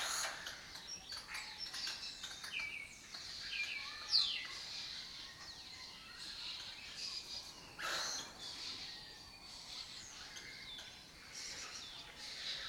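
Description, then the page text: Lesser kestrels giving harsh chattering calls throughout. Colony breeding in an abandoned building complex in Doñana, southern Europe breeding area; migratory raptor that forages in West Africa. "Lesser Kestrels Took Over an Abandoned Building. Here in Doñana"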